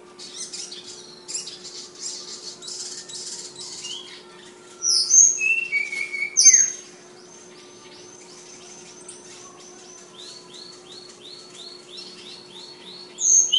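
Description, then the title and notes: Flowerpecker song: buzzy ticking, then high thin whistles and squeaky slurred notes, then long runs of rapid buzzy ticking, with a steady background hum. Tledekan, also called sulingan, named Ababil, from Kudus. "Tledekan/Sulingan ABABIL. Suara Burung Tledekan Ababil dari Kudus"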